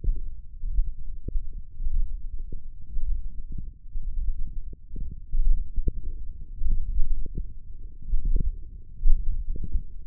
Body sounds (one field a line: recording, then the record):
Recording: forearm muscle sounds (acoustic myography)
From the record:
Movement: index flexion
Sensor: system 1, eight BSWA MPA416 microphones around the upper forearm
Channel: 6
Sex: male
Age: 21 years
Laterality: right